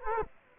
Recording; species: mosquito wingbeat signal from an infrared sensor; Culex quinquefasciatus